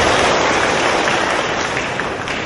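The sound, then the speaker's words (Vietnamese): A crowd of Buddhist followers claps steadily to welcome a venerable monk, in a dense, continuous wash of applause that stays loud and even for the whole stretch, with no voices rising above it. “Xin toàn thể quý Phật tử dành cho tràng pháo tay để nghe tiếng hòa thượng.”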